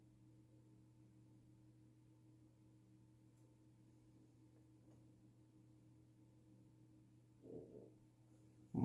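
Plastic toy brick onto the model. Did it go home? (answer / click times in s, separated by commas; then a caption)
no / none. A plastic toy brick is pressed onto the model during a Lego set 10297 build, over a steady low hum. There is a soft rustle around 7.5 s and a louder burst of handling noise at the very end. The brick fails to snap home, and nothing has clicked yet.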